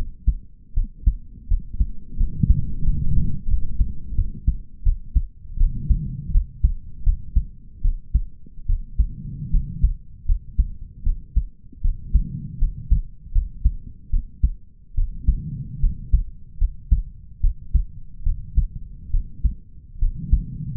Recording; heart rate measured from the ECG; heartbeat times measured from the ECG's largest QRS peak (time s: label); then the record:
heart sounds by stethoscope; 78 bpm
0.73 s: heartbeat
1.47 s: heartbeat
2.17 s: heartbeat
2.83 s: heartbeat
3.48 s: heartbeat
4.15 s: heartbeat
4.83 s: heartbeat
5.57 s: heartbeat
6.31 s: heartbeat
7.03 s: heartbeat
7.82 s: heartbeat
8.66 s: heartbeat
9.50 s: heartbeat
10.26 s: heartbeat
11.03 s: heartbeat
11.81 s: heartbeat
12.58 s: heartbeat
13.32 s: heartbeat
14.10 s: heartbeat
14.95 s: heartbeat
15.80 s: heartbeat
16.58 s: heartbeat
17.40 s: heartbeat
18.23 s: heartbeat
19.11 s: heartbeat
19.99 s: heartbeat
From the record:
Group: healthy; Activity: rest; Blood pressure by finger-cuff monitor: 93/70 mmHg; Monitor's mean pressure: 77 mmHg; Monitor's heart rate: 77 bpm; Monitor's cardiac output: 5.3 L/min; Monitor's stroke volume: 69 mL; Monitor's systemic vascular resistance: 1000 dyn s/cm5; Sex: male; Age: 20 years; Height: 187 cm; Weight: 68.9 kg